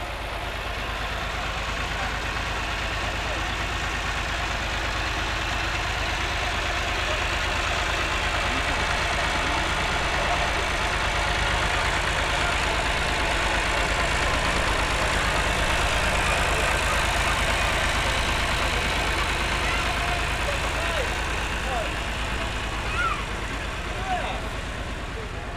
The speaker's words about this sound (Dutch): Nou, komt de trekker weer voorbij.